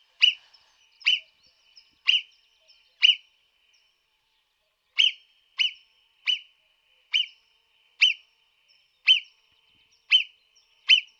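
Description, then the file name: Marmot repeating sharp, high whistles in a long series. Four come about a second apart, then a brief pause, then eight more. "Marmotta da xenocanto"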